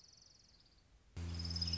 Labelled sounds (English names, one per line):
Orange-crowned Warbler